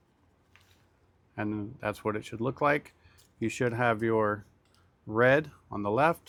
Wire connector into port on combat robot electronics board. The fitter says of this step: And you will just push that in, and then I'll take a screwdriver and just seat it in there until it clicks.